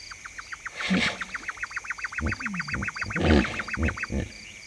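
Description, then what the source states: Hippopotamus grunts and deep honking bursts with rising and falling harmonics, heard over a fast, steady run of high pulsed calls from another animal. Several hippos at a water hole.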